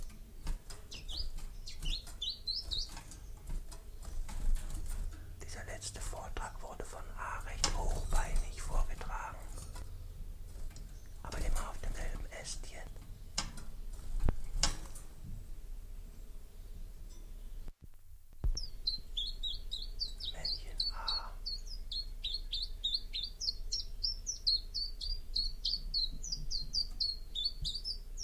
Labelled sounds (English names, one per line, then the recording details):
Common Chiffchaff
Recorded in captivity
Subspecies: collybita
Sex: male
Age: adult
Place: Zoologisches Institut Universität Tübingen, Baden-Württemberg, DE
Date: 1963-03-12
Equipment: LGS26
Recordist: Schneider, Hans-Joachim